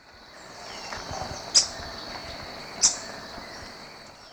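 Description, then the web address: Montane Foliage-gleaner uttering two sharp, high, snapping call notes over a second apart, with a steady high buzzing hum throughout. Recorded in Ecuador. "Birds of Ecuador. Montane Foliage-Gleaner"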